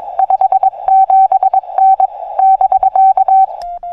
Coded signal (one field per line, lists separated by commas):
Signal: Morse code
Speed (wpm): 22 wpm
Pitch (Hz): 770 Hz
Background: none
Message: 57N <BK>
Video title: 0621'24 QRP 5W / 自立型ロングワイヤー / 編集なし / POTA WWFF Activation in Okawa Hatori Prefectural Nature Park